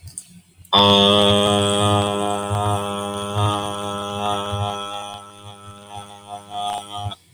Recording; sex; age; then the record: vowel held as long as possible; male; 20 to 29 years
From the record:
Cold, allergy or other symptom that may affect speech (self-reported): no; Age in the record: 26 years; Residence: Philippines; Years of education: 16